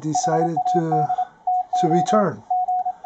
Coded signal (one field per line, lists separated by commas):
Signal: Morse code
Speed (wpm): 26 wpm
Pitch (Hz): 730 Hz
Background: speech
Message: HAD TO G